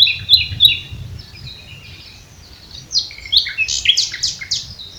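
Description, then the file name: Common nightingale: a few sharp chips, then a lively series of rising and falling whistled notes in quick succession. "Luscinia megarhynchos"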